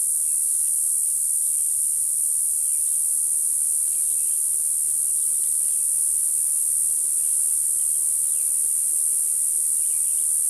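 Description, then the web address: Say's cicada song, a steady, very high, hissing buzz held without a break throughout. North America. "Songs of Insects. Says Cicada"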